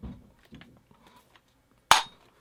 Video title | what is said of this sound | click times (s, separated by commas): Mossberg 590a1 - Complete Disassembly and Reassembly | pop down into place like that | 1.9 s